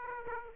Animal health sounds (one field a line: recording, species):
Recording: mosquito wingbeat signal from an infrared sensor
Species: Aedes aegypti